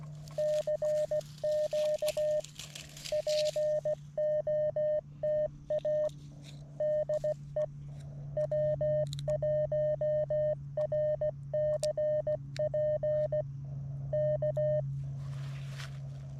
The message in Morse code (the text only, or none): CQ POTA DE W1RCP K